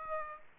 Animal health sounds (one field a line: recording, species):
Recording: mosquito wingbeat signal from an infrared sensor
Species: Aedes aegypti